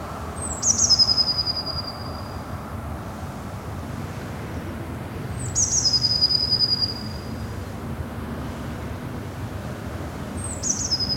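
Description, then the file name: Eurasian blue tit song: a high thin note falling into a quick buzzy trill, repeated about every five seconds, with constant low rumbling background noise. "Cyanistes caeruleus"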